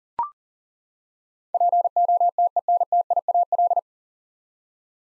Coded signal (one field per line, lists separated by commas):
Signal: Morse code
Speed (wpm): 38 wpm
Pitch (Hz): 700 Hz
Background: none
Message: POTENTIAL